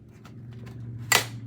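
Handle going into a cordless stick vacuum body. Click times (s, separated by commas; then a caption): 1.2 s. A plastic handle is pushed onto the body of a Hoover Evolve Pet cordless stick vacuum. After a low steady hum and a few faint ticks, a single sharp bright click at about 1.2 s marks the handle clipping in and seating.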